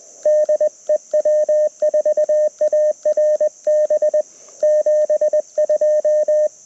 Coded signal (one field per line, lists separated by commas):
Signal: Morse code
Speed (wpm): 20 wpm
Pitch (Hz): 1800 Hz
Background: radio noise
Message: DE W4ARB 72